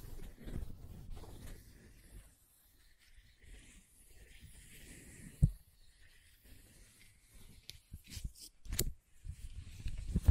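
Scratching and tracing sounds, made of uneven rough strokes that come in bursts, with a near-silent pause around two seconds. A sharp click lands near five and a half seconds, and brighter scraping flicks cluster between eight and nine seconds and again at the end.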